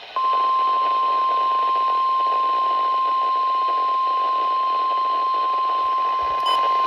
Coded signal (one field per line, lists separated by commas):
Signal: Emergency Alert System (SAME) tones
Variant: 1050 Hz attention tone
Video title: Spring Break Slight EAS Alerts from: 3/15/26 - 3/16/26